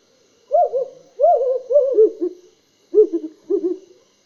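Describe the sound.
African wood owl giving a series of rich, slurred hoots, a longer run of rolling notes followed by a pause and a shorter paired phrase.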